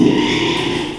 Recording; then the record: squeal of a Yucatan mini pig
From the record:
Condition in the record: after surgery on the right vocal fold (resection and tissue-engineered implant); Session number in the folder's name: 1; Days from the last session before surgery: 6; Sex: male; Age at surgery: 12 weeks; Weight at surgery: 13 kg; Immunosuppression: cyclosporine, prednisolone